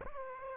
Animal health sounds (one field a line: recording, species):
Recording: mosquito wingbeat signal from an infrared sensor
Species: Aedes aegypti